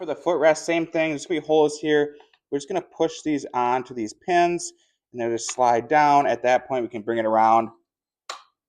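A footrest for a Vive portable wheelchair is pushed onto the frame pins, slid down and swung around while someone talks. At 8.3 s it locks into place with a single sharp click.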